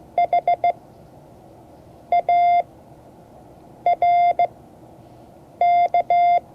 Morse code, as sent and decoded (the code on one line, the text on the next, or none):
.... .- .-. -.-
HARK